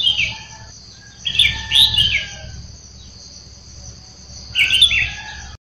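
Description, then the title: Sooty-headed bulbul singing brief, warbled, gurgling phrases, one longer double burst midway, with a constant shrill insect hum behind. "Kutilang"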